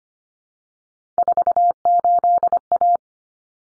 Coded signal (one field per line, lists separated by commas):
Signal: Morse code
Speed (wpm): 25 wpm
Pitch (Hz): 700 Hz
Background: none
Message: 48A